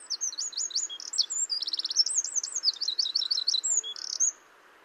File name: Troglodytes troglodytes